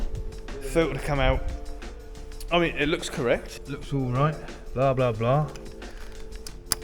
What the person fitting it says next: That clips on there nicely.